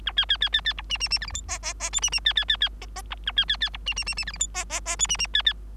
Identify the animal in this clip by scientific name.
Lonchura striata domestica